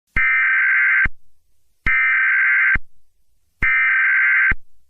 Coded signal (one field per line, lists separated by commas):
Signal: Emergency Alert System (SAME) tones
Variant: header bursts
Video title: EAS: Colored Rain